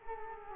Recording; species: mosquito wingbeat signal from an infrared sensor; Culex quinquefasciatus